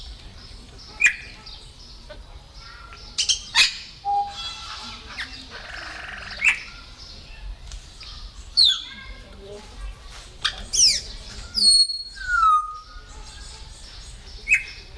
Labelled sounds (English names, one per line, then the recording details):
Grey Parrot call
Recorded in captivity
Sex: group
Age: adult
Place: Tierpark Berlin, Berlin, DE
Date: 1997-06-28 18:00
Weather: 25°C, heiter
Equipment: Sony MD-WM MZ-R3, Sennheiser MKH 416 T, Kopie Uher 4000 Report Monitor
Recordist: Tembrock, Günter